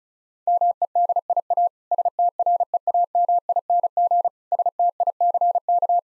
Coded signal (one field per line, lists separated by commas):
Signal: Morse code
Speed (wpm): 34 wpm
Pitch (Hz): 700 Hz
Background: none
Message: MEDIA STREAMING STICK